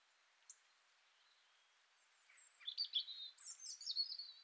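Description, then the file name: Great tit calling: after a lone tick, a burst of scratchy, high, chattering notes comes in the second half, over faint hiss. "Parus major"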